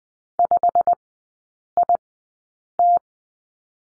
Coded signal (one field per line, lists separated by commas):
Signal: Morse code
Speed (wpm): 19 wpm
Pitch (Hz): 700 Hz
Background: none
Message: 5IT